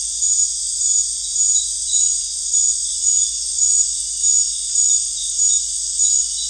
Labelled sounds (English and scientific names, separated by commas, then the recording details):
none
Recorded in secondary vegetation near Puerto Asís, Putumayo, Colombia, on 20 December 2024 at 19:00
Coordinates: 0.484, -76.319
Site GP06